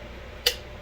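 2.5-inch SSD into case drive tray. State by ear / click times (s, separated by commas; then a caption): seated / 0.5 s. A 2.5-inch SSD, lined up with the pins of a tool-less plastic drive tray in a case, is pressed in until it snaps into place. A single sharp, bright click is heard at 0.5 s over a quiet, steady low hum, decaying within about a tenth of a second. The SSD is seated in the tray.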